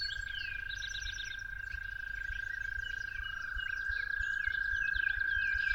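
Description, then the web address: Toads trilling steadily, a second trill rising in partway and overlapping, with scattered bird chirps and occasional low thumps. Toads calling at dawn. "musicofnature Toads at Dawn"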